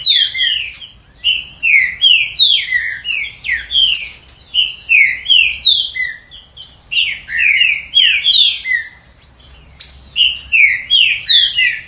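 Green-winged saltator song: rapid bursts of loud, downslurred whistled notes grouped in phrases separated by short pauses; no other clear sounds.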